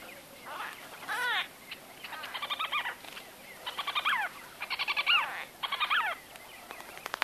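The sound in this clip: White-fronted bee-eater calls, rapid series of downslurred, pulsing nasal notes repeated in quick bursts, rising and falling in loudness.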